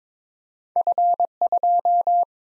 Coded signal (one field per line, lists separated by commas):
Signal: Morse code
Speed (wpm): 22 wpm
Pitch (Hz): 700 Hz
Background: none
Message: F2